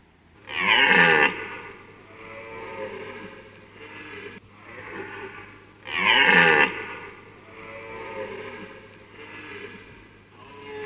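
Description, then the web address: Deer giving two loud, rough bellows about five seconds apart, with softer moaning calls between them and a constant low hum. "hirsch"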